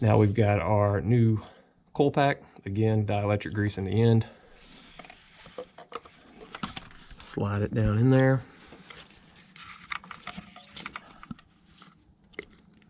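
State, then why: Not seated. On a 2014 Ford F-150 3.5 EcoBoost being fixed for a P0303 code, a new ignition coil pack with dielectric grease in its boot end is slid down the plug well toward the spark plug in the cylinder head while someone talks. Brief light clicks and scrapes of handling come around 5.0–6.8 s and again around 9.9–11.0 s. The coil pack has not yet clicked onto the spark plug; nothing has seated.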